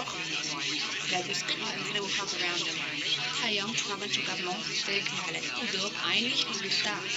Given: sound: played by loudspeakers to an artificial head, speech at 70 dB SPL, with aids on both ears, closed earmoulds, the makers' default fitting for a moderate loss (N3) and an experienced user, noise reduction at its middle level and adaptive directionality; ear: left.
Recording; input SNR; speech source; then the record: speech test signal (ISTS) in cocktail-party noise; 0 dB; in front (0 degrees)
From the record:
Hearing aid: class 1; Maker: A